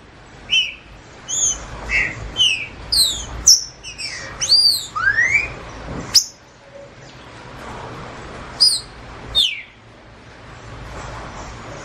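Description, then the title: Green-winged Saltator song: spaced high whistles leading into curving upward slurs, a sharp snap, then two final whistles. Wild bird in the bush, singing in competition with another free bird. "Trinca Ferro NICÃ O No Mato Disputando Com Solto"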